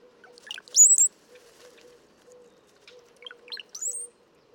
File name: Brown-headed Cowbird